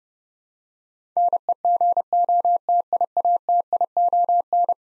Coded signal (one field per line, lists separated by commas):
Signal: Morse code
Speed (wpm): 30 wpm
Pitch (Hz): 700 Hz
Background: none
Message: NEGOTIATION